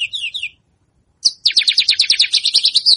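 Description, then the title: Javan bush lark song: a short high warble, a brief silence, then a fast run of bright, slurred repeated notes. Song described as super special, rich in isian. "Branjangan Super Isian Istimewa"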